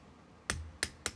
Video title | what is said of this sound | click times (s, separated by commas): Skadoosh iPad Stand Review | You hear each click? | 0.5 s, 0.8 s, 1.1 s